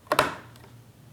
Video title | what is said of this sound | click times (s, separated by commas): Diamond Grinder Part 2: Building the Electronics Enclosure | so that's our switch wired up and then it should just snap right into the hole the way machined and | 0.1 s, 0.2 s